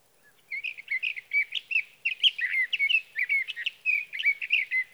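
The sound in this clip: Sage thrasher pouring out a continuous song of rapid, varied warbles and slurred whistles, steady in pace throughout; quiet surroundings.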